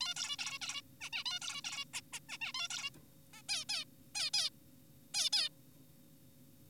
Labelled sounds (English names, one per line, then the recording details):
Zebra Finch
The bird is an adult
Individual g4p5U